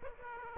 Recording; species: mosquito wingbeat signal from an infrared sensor; Aedes aegypti